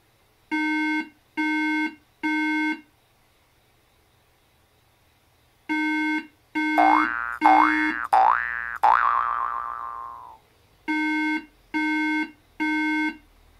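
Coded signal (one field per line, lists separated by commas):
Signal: beep code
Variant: Apple iMac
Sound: three short buzzy beeps, repeated, with several bouncing rising boing tones between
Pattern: 3 short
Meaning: Three beeps on an Intel Mac mean no working RAM was found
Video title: Wash IMACA1311COREI5 with water to repair Macintosh junk! Mac beep sound 3 times repair YouTube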